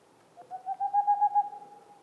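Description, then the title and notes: Boreal owl: a single quick run of about seven soft hoots on a steady low pitch, fading out at the end. Male singing near a black woodpecker nest hole; mountains near the Mediterranean, 2 April 2019, 20:15; homemade parabolic dish, two omnidirectional mics, MixPre-3; heard after nearly two hours' wait. "Une chouette pas si boréale. 02 avril 2019-20h15-en montagne. la Tengmalm boréale ( Aegolius funereus) , pas si boréale que cela car nous sommes aux portes de la méditerranée"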